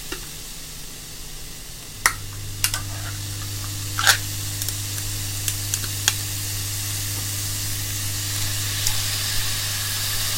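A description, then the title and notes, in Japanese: Cooking sounds only: a steady sizzling hiss of frying runs throughout, over a constant low hum. Sharp clicks and clinks of utensils against a pan come at about 2, 2.7, 4 and 6 seconds, with a few lighter taps between. 調理音のみ。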